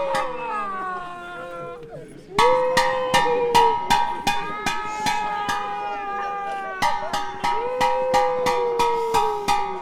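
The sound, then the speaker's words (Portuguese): Small bells (sinetas) ring during the carnival in Lagares da Beira in a quick, steady rhythm of bright clanging strikes, starting after about two seconds, over a sustained wavering tone that sounds like a voice singing or calling. “Para quando limparem as sinetas, vejam que ainda tem o badal.”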